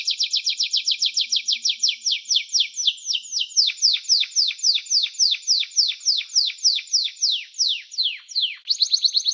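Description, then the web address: Canary singing rapid high trills that slow into a chain of falling, sweeping whistles, then end with a quick trill burst. Champion singing canary. "kenari suara-kenari-juara-terbaik"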